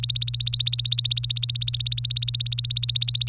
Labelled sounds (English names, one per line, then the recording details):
Domestic Canary song
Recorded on 24 April 2018 at 17:19
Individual llb3